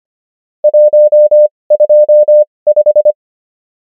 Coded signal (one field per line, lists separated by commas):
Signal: Morse code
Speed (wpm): 25 wpm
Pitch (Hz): 600 Hz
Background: none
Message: 125